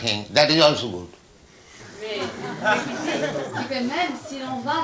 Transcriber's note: laughter